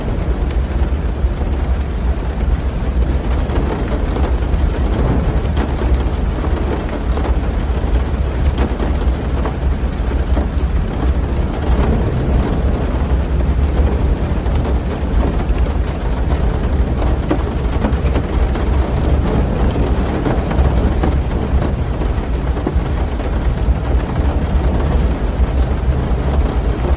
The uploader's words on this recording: Sleeping On The Top Floor To Listen To The Rainstorm. It rained heavily, like thousands of galloping horses and chariots.